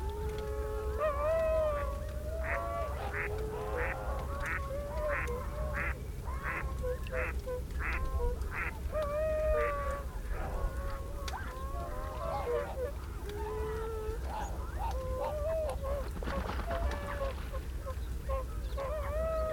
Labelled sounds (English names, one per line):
Tundra Swan call